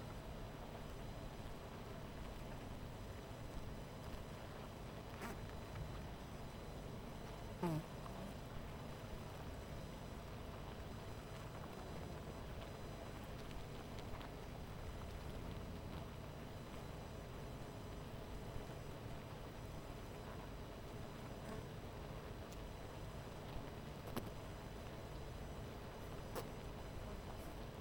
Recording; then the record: honeybee colony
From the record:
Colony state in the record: missing queen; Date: 14 July 2017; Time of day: 12:11